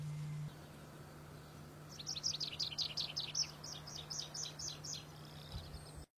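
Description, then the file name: Tree pipit song: a faint series of thin, high notes repeated quickly for about four seconds, over a steady low hum and background hiss. "canto da petinha das arvores"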